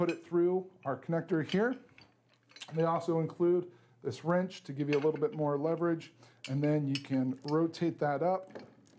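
Someone talks while handling a Blue Ox 6K weight distribution hitch with sway control (BXW0553): the chain on the steel spring bar is run through the snap-up bracket on the trailer frame, and the supplied wrench is used for leverage to rotate the bracket upward. A few faint metallic taps are heard around 2.0–2.6 s and at 8.9 s. The clip ends before the bracket snaps over, so nothing has seated or locked yet.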